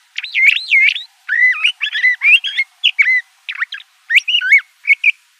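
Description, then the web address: Le Conte's thrasher in continuous song, looping whistled slurs and clipped notes in quick succession, varied from phrase to phrase. Arizona. "Mimids LCTH. deviche"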